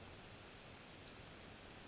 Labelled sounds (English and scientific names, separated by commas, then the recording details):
Western Flycatcher (Empidonax difficilis)
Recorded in Sonoma County, California